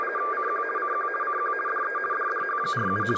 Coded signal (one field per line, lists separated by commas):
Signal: RTTY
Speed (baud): 50 baud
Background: speech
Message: CQ CQ CQ DE DDH47